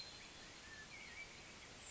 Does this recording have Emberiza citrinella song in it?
no